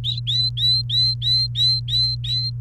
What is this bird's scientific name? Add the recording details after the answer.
Serinus canaria. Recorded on 29 April 2018 at 16:00. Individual llb3